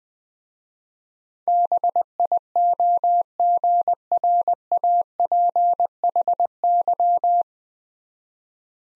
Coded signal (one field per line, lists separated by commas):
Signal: Morse code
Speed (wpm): 20 wpm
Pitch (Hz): 700 Hz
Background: none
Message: BIOGRAPHY